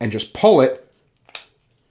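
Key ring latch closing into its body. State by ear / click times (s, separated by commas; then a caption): seated / 1.3 s. Someone talks, then a metal key ring that has been spun back in is pulled, and its latch snaps shut into its body with a sharp click at 1.4 s, locking the keys on. The latch snaps back into place.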